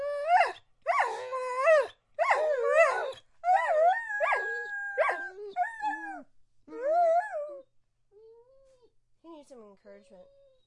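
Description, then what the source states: Dog giving a burst of wavering yelping whines, then a held tone, fading to softer whimpers. Dog begging.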